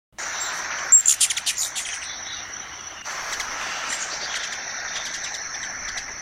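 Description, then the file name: Ruby-throated hummingbird chip calls, a rapid burst of dry, sharp ticks fading over a second, over a steady high insect trill with faint bird notes. "Canto do beija flor da garganta vermelha"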